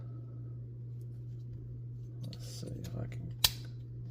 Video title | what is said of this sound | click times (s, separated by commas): AOTP Powerglide Review. Kinda Small for $30?? | There we go. Like that. So, it'll lock into place like that. | 3.5 s